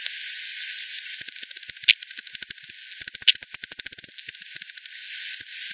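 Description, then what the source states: Bat echolocation calls rendered as dry ticking clicks in fast runs, several bursts tightening into quick rattles, over a constant high hiss. Multiple bats, Hogsmill River at Hogsmill Lane, 7 October 2020, 18:10; frequency-divided by ten, band-pass filtered and resampled.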